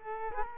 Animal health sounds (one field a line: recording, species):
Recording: mosquito wingbeat signal from an infrared sensor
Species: Culex quinquefasciatus